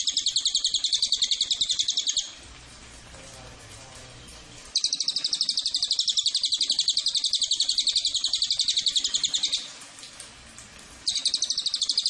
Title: MASTERAN SUARA BURUNG CILILIN BISA JUGA PANCINGAN CILILIN